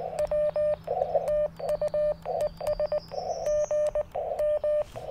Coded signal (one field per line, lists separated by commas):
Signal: Morse code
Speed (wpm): 19 wpm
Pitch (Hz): 1800 Hz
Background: radio noise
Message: W TU ES GM